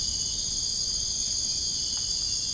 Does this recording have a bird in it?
no